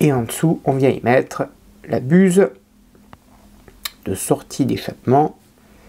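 Someone talks while a small plastic exhaust outlet nozzle is brought under the secondary muffler of a 1/8 scale Citroën 2CV AZLP model car, to be clipped in. During a pause in the talk, a few short, sharp ticks are heard around 3.1, 3.7 and 3.9 seconds before the talking resumes. Nothing has seated or clicked yet.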